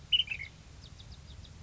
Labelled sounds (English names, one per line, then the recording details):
Ash-throated Flycatcher
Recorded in Sonoma County, California